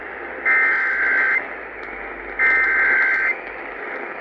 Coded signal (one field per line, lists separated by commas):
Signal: Emergency Alert System (SAME) tones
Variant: header bursts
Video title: Eas Fwd svr on WBAP-AM, KLIF-AM Eas#1966- 1967)